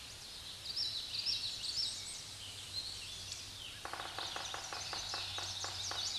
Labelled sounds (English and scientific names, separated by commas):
Common Yellowthroat (Geothlypis trichas) song